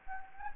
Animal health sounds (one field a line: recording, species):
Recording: mosquito wingbeat signal from an infrared sensor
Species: Anopheles gambiae